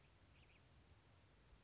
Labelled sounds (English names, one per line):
Western Tanager